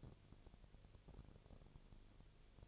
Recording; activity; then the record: daily activity, microphone in the room; no activity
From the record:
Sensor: 4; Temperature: 22.4 degrees Celsius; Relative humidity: 31.2%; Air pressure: 1004.1 hPa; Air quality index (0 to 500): 85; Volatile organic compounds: 1 ppm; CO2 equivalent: 767 ppm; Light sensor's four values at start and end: 2/3/1/1 and 2/3/1/1